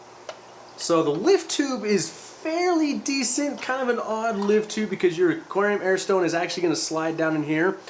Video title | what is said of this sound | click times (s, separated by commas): Sponge Filter VS Box Filter | geez okay so now that that snaps back in so | 0.3 s